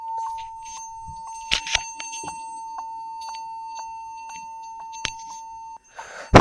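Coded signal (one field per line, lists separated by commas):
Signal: beep code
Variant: Lenovo laptop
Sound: one unbroken high beep about six seconds long, with clicks and handling noise, then a rustle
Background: handling noise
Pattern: 1 continuous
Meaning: A continuous beep at startup signals a hardware fault, here a faulty keyboard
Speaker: yeah it's while starting the window it's continues the beeping sound so here you can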